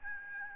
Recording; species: mosquito wingbeat signal from an infrared sensor; Aedes albopictus